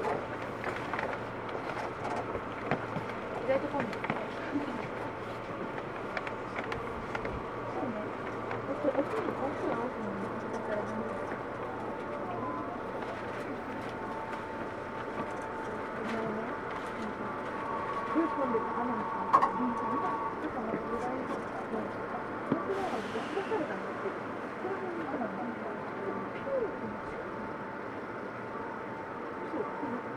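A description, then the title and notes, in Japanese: A ride aboard a Tokyu 2000 series train between Shibuya and Azamino, with a steady rumble, a low hum and a thin whining tone running throughout. Murmuring voices mix into the dense noise, and a brief hiss rises near the 23-second mark. 東急2000系 渋谷〜あざみ野。急行運用を録音。ステンレス鋼製20m級軽量車体の4扉車である。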